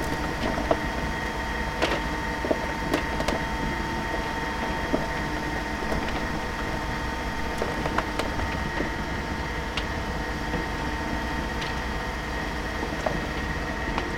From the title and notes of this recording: Tow Truck sounds and other truck service sounds. Metropolitan Melbourne.